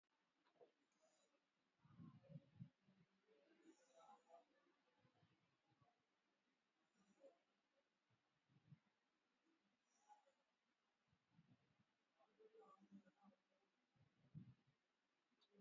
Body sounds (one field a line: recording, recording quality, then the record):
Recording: deep breathing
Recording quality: excellent, no background noise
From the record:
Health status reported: COVID-19 positive, mild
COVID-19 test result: positive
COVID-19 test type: RT-PCR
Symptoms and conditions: cough, fatigue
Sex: female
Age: 22 years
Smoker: no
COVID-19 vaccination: one dose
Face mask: worn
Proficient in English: yes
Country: India